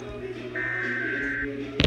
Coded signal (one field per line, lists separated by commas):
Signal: Emergency Alert System (SAME) tones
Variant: header bursts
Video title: EAS #2 Required Monthly Test